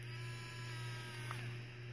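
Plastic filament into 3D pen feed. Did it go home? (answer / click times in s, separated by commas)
no / none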